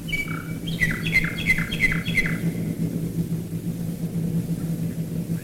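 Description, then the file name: Common nightingale pours out a run of fast repeated down-slurred notes, about five in quick succession, against a loud continuous low rumble of engines. Nightingales singing while bombers fly overhead, recorded in 1942. "nightingales and bombers 1942"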